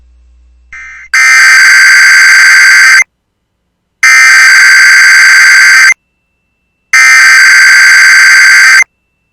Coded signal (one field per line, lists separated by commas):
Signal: Emergency Alert System (SAME) tones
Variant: header bursts